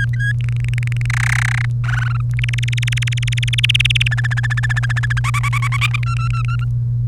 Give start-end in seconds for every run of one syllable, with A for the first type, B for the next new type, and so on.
0.00-0.32 A, 0.41-1.06 B, 1.10-1.65 C, 1.83-2.21 D, 2.39-4.08 E, 4.11-5.19 F, 5.24-5.96 G, 6.02-6.64 H